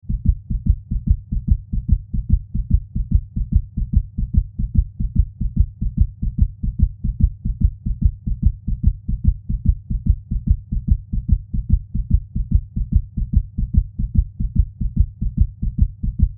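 A mixed-down heartbeat: a steady, deep beat with paired lub-dub thumps at about 73 beats a minute, very even in rhythm. The sound is low and muffled, with no other noise in the background.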